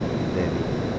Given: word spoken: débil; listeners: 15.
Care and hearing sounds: one Spanish word in noise, from a listening test; speech-shaped noise; -4.2 dB; 0 of 15; 7 of 15; 0.59 s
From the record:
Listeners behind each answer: 7, 2, 2, 2, 1, 1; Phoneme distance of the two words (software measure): 34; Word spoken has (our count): 2 syllables, 5 phonemes, stress on syllable 1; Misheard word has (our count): 1 syllable, 3 phonemes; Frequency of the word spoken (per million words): 30.46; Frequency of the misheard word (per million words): 435.76

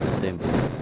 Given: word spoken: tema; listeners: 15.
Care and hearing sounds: one Spanish word in noise, from a listening test; noise modulated by three-talker babble; -6.7 dB; 0 of 15; 6 of 15; 0.42 s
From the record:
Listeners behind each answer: 6, 2, 2, 1, 1, 1, 1, 1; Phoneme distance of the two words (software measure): 24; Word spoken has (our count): 2 syllables, 4 phonemes, stress on syllable 1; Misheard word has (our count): 2 syllables, 6 phonemes, stress on syllable 1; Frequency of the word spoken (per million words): 199.25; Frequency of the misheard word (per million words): 30.77

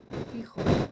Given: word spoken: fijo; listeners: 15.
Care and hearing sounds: one Spanish word in noise, from a listening test; noise modulated by one talker; -10.9 dB; 5 of 15; 7 of 15; 0.52 s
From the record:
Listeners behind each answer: 7, 5, 2, 1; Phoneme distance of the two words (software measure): 7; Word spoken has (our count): 2 syllables, 4 phonemes, stress on syllable 1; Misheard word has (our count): 2 syllables, 5 phonemes, stress on syllable 1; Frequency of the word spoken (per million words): 17.88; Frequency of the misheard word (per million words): 11.24

